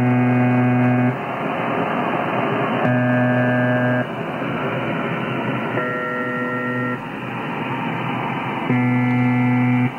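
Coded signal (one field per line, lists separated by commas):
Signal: channel marker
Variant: UVB-76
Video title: UVB 76 / UZB 76 The Buzzer - Emulation using Spectrum Lab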